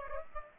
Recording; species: mosquito wingbeat signal from an infrared sensor; Aedes aegypti